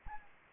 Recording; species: mosquito wingbeat signal from an infrared sensor; Anopheles arabiensis